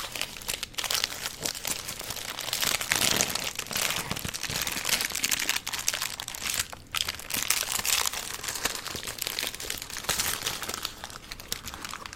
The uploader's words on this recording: ASMR Mukbang (Spicy Chicken Burger, Onion Rings, Cheesecake & Bubble Tea).